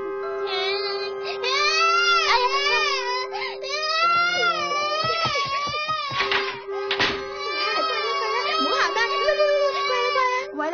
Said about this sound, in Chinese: 你听唔听到有 B B 仔嘅喊声啊？ 好似系、啊， 其实系波比嚟嘅啫。 乜波比嘅声系咁嘅咩？ 系咁嘅，因为佢有伤风啊。